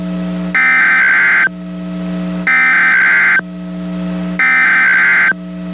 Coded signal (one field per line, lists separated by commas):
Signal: Emergency Alert System (SAME) tones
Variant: header bursts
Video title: EAS SCENARIO•Santa Clara Volcano